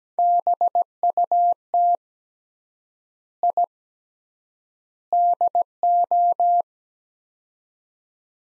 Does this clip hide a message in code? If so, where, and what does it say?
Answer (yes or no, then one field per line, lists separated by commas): yes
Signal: Morse code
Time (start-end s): 0.2-6.6 s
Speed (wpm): 17 wpm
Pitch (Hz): 700 Hz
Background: none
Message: BUT I DO